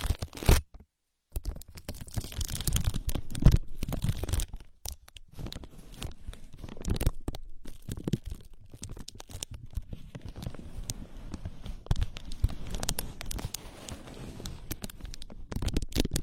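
Ear massage sounds: dense rubbing, crinkling and scratching, busier and louder in the first four seconds, then softer, with a brief silent gap near one second.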